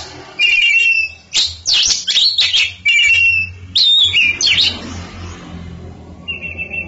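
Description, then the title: Oriental magpie-robin pouring out loud twittering and whistled phrases, then a quieter stretch ending in a short trill. Champion songbird. "Kicau Burung Kacer Juara"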